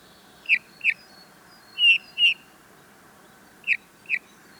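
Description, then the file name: Eurasian bullfinch calling with short, soft, descending whistled notes that come in three pairs over a few seconds. "Pyrrhula pyrrhula"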